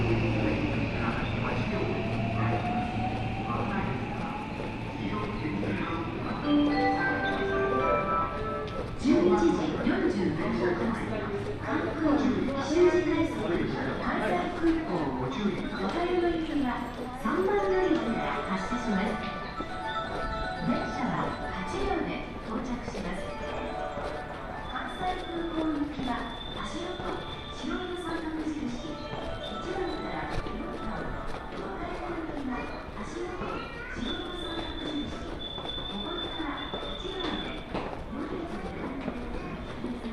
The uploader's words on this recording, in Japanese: 耳で楽しむ鉄道旅 ＪＲ難波→新今宮→京橋→鴫野。大阪難波駅からＪＲ難波駅まで徒歩移動し、関西本線方面の電車に乗り、2駅先の新今宮で下車。